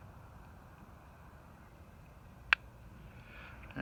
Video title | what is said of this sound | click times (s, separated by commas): 550 set explained an a little look into my weekend | I basically I'm going to slide this pan down and you're gonna hear it click there's | 2.5 s